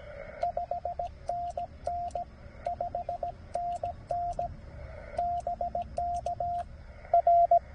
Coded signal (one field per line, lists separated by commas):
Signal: Morse code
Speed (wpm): 20 wpm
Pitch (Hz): 700 Hz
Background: radio noise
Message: 5NN 5NN BK R